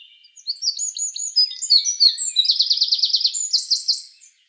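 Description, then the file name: Eurasian wren song: a long, loud, high-pitched stream of sharp warbled notes running into a fast rattling trill, with a brief second trill near the end. "Troglodytes troglodytes"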